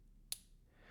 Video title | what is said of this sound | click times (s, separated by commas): Sugess S421 Seaman Starbucks (Submariner Date Homage) 4K Watch Review | it snaps closed just the same as a Rolex Glide lock if you look closely | 0.3 s